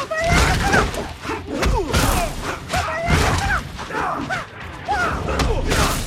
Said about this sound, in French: Dernière question, on va vous passer un extrait d'un combat. Êtes-vous capable de reconnaître au moins un des combattants?